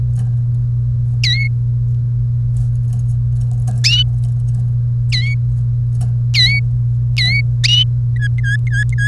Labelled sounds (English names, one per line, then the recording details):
Domestic Canary song
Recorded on 30 April 2018 at 15:35
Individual llb3